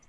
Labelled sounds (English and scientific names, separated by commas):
Lucy's Warbler (Leiothlypis luciae) flight call